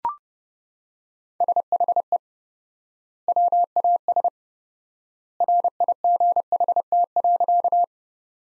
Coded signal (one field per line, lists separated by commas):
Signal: Morse code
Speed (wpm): 32 wpm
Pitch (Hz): 700 Hz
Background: none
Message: SHE WAS RIGHT.